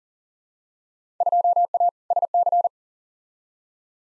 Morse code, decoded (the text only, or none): 2A SC